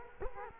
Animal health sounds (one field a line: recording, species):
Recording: mosquito wingbeat signal from an infrared sensor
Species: Culex quinquefasciatus